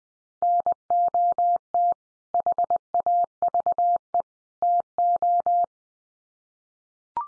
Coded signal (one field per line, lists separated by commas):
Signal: Morse code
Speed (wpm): 20 wpm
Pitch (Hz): 700 Hz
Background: none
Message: NOT HAVE TO